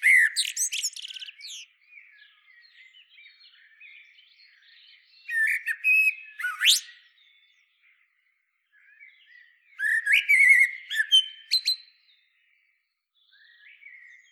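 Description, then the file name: Common blackbird song: three loud phrases mixing fluty whistles with high, squeaky twittering. Quiet warbling fills the first pause between phrases. "Turdus merula"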